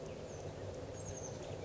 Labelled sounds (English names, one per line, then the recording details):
Oak Titmouse
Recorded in Sonoma County, California